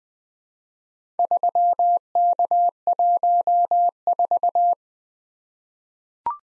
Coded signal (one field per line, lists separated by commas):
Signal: Morse code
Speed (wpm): 20 wpm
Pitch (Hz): 700 Hz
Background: none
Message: 3K14